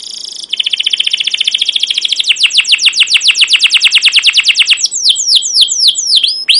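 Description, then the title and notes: Canary singing a long, rapid trill of high chirps that slowly gains strength, then breaks into slower, separate down-slurred whistles. Captive canary; long, continuous chirping song (cuit cuit) used as a lure and tutor recording for young canaries learning to sing. "CUIT CUIT NGEROL LANGSUNG GACOR PANJANG Kenari Ini AMPUH Utk Pancingan KENAR. PANCINGAN Kenari GACOR PANJANG Cuit CUIT EMOSI ini AMPUH utk MASTERAN Kenari PAUD belajar BUNYI. burung kenari"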